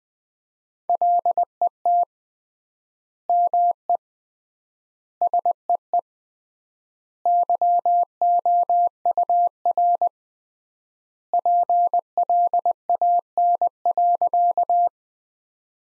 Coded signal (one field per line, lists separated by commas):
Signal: Morse code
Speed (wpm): 20 wpm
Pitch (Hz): 700 Hz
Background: none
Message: LET ME SEE YOUR PLAN.